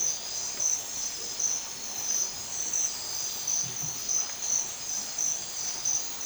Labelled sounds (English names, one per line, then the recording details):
none
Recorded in dense forest near Puerto Asís, Putumayo, Colombia, on 20 December 2024 at 04:30
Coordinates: 0.467, -76.328
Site GP05